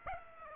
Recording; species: mosquito wingbeat signal from an infrared sensor; Aedes aegypti